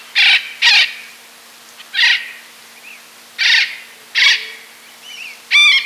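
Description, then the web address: Yellow-eared parrot calls: six harsh, nasal squawks spaced irregularly, the last one sharper and more ringing, over a quiet background. Recorded in Ecuador. "Birds of Ecuador. Yellow-Eared Parrot"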